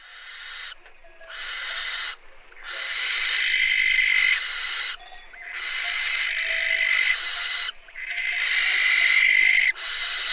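Bird uttering loud, rasping hissed screeches in long bursts, following one another after brief gaps.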